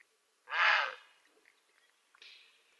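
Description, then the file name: Grey heron uttering one loud, hoarse squawk, followed a moment later by a fainter, thinner harsh call. "Czapla Siwa"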